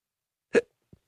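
A single sharp, abrupt hiccup lasting about a tenth of a second from an adult woman heard over a phone line: a sudden voiced catch in the throat, followed by a much fainter soft sound. An ordinary hiccup, an involuntary diaphragm spasm with the vocal cords snapping shut.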